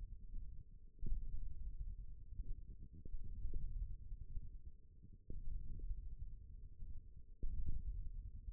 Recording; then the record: forearm muscle sounds (acoustic myography)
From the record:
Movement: wrist extension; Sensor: system 1, eight BSWA MPA416 microphones around the upper forearm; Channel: 1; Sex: female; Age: 21 years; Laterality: right